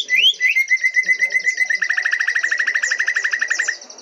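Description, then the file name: Greater green leafbird song opening with two rising whistles, then a quick run of repeated chipping notes that speed into a rapid, even rattle. Greater green leafbird song with canary song fill-ins (isian kenari). "cucak hijau isian kenari"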